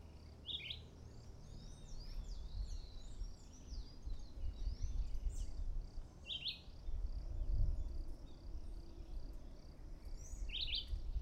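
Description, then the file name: Red-eyed vireo song: short phrases around five seconds apart, with thin high twittering from other birds and a steady low rumble throughout. Recorded at Nazaré on 21-09-13; local name juruviara. "Juruviara Vireo olivaceus-1 Nazare Pta 21-09-13"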